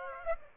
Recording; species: mosquito wingbeat signal from an infrared sensor; Aedes aegypti